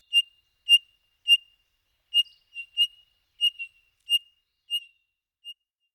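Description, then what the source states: Townsend's Solitaire giving several high, squeaky piping notes, each a short clear whistle, at irregular intervals. Distinctive call likened to a squeaky clothesline pulley.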